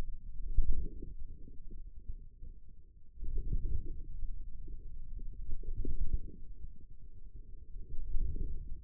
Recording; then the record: forearm muscle sounds (acoustic myography)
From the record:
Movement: wrist flexion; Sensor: system 2, bracelet of six BSWA MPA416 microphones around the upper forearm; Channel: 4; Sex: male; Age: 22 years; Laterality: right